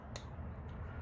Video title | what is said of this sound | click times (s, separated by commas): BMW R1200 (R/RS/RT) Wethead Spark Plug Change | So we're just going to very gently tighten this until it clicks. | 0.2 s